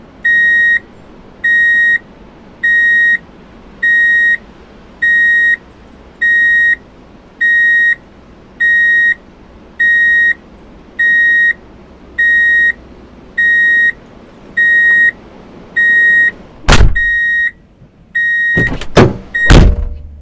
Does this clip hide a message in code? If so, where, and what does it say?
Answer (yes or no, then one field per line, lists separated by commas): no